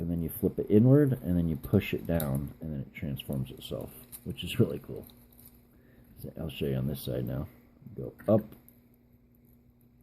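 Someone talks while handling the plastic bumper panel of a 2007 Transformers Classic Camaro Bumblebee toy car, moving it up and then down to line it up before pushing it inward into the car body. A few faint, brief ticks of handling are heard around 5.3–5.5 s and 8.9–9.8 s. Nothing has seated or clicked yet.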